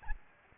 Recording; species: mosquito wingbeat signal from an infrared sensor; Aedes albopictus